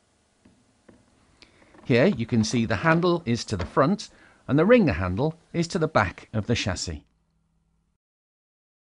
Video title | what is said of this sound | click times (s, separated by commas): Πώς να συναρμολογήσετε και να χρησιμοποιήσετε το UltraSpeed | lift the bucket and place it firmly until it clicks into place on the chassis here | 1.4 s